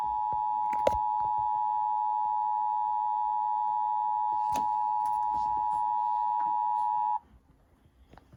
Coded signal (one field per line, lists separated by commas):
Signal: Emergency Alert System (SAME) tones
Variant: 853 and 960 Hz attention tone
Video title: EAS 779-780 - WFLS (Fredericksburg, VA) RMT